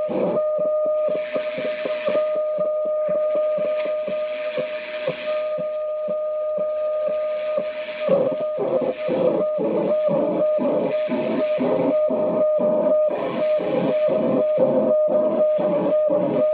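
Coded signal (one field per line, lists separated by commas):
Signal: weather fax (radiofax)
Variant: 120 lines per minute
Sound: steady low tone with a rhythmic warbling pulse about twice per second, under static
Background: radio static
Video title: Maritime Weather Fax Transmission from USCG NMF Boston, MA, USA @ 4235 kHz USB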